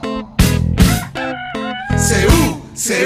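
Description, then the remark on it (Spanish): A rooster crows loudly in a few drawn-out, strained calls, each a rising then wavering harmonic cry, with short noisy bursts breaking between them. “Y en un banco de la plaza el cantar del gallo lo despertaba.”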